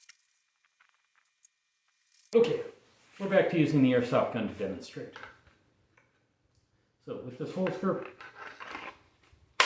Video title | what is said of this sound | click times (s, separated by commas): Firearm Basics for Self Defense Part 6 - Holsters | the gun will click into place and that's basically as it clicks it's pushing the | 9.6 s